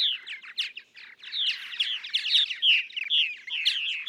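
Purple martin song, a rapid stream of gurgling, rising and falling chirps and croaks with brief pauses, loud and continuous throughout.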